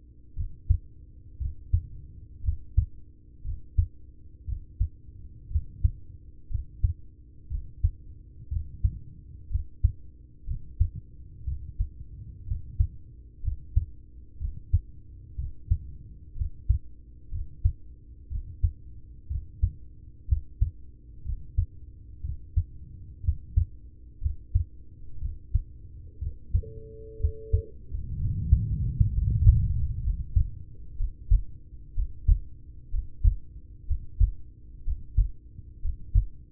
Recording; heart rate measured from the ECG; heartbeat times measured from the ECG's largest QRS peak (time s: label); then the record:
heart sounds by stethoscope; 61 bpm
0.33 s: heartbeat
1.37 s: heartbeat
2.40 s: heartbeat
3.41 s: heartbeat
4.44 s: heartbeat
5.47 s: heartbeat
6.47 s: heartbeat
7.47 s: heartbeat
8.48 s: heartbeat
9.47 s: heartbeat
10.44 s: heartbeat
11.44 s: heartbeat
12.43 s: heartbeat
13.40 s: heartbeat
14.37 s: heartbeat
15.35 s: heartbeat
16.33 s: heartbeat
17.28 s: heartbeat
18.27 s: heartbeat
19.27 s: heartbeat
20.25 s: heartbeat
21.22 s: heartbeat
22.21 s: heartbeat
23.20 s: heartbeat
24.18 s: heartbeat
25.18 s: heartbeat
26.18 s: heartbeat
27.16 s: heartbeat
28.15 s: heartbeat
29.08 s: heartbeat
29.99 s: heartbeat
30.95 s: heartbeat
31.92 s: heartbeat
32.88 s: heartbeat
33.84 s: heartbeat
34.81 s: heartbeat
35.78 s: heartbeat
From the record:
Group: heart failure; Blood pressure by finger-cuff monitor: 90/50 mmHg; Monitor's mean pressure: 63 mmHg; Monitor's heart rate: 61 bpm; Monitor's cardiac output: 5.6 L/min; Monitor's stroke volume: 92 mL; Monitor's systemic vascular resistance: 790 dyn s/cm5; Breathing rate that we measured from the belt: 17 breaths a minute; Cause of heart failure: ischemic heart disease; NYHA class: 1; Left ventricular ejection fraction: 33%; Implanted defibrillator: present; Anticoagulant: apixaban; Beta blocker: carvedilol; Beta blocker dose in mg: 18.75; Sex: male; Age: 39 years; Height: 168 cm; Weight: 72 kg